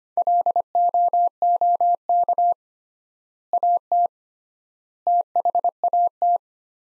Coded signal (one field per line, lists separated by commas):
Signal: Morse code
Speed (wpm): 25 wpm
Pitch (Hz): 700 Hz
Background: none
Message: LOOK AT THAT